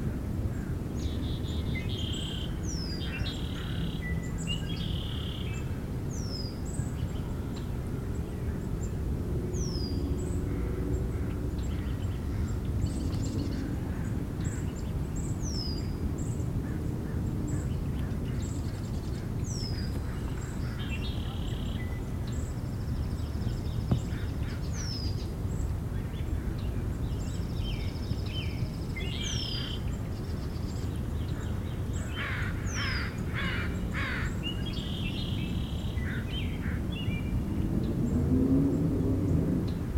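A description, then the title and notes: Outdoor sound at Magnuson Park, Seattle: a steady low rumble runs under the whole recording. Above it, birds call throughout, with high down-slurred whistles repeating every few seconds and short clusters of harsher, crow-like chatter, busiest around the middle and near the end. Recorded at Magnuson Park, Seattle.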